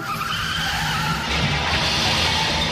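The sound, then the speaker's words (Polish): A car skids hard in an accident, tires screeching in a sustained, loud, high-pitched squeal over a steady engine roar, swelling in intensity midway through. “Jest pan cały? Tak, chyba nic mi nie jest, ale mój biedny samochód.”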